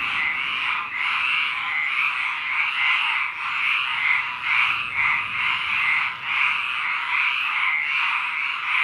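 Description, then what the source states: Frogs croaking together in a thick, steady rasping chorus with gentle rhythmic surges. At a lake.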